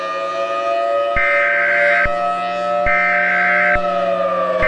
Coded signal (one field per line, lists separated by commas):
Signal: Emergency Alert System (SAME) tones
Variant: header bursts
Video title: EAS Scenario 2: The Wrath of Jupiter